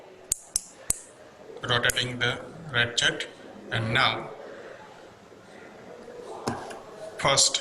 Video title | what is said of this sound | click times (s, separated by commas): O level P4 class 1, help notes discussion micrometer | That click sound is what was the purpose of the ratchet. hear the sound, | 0.3 s, 0.6 s, 0.9 s